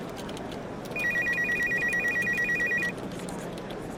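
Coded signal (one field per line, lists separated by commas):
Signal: none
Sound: office phone ringing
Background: speech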